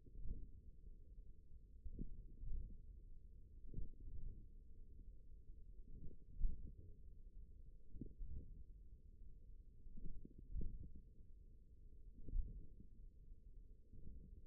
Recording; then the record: forearm muscle sounds (acoustic myography)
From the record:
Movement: tripod grip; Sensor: system 1, eight BSWA MPA416 microphones around the upper forearm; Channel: 4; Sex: male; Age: 41 years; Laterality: right